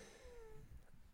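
A brief, quiet whistling tone slides slightly downward in pitch over about half a second during an adult's breath, with low room rumble underneath. It is a wheeze, a musical breath sound from air passing through narrowed airways.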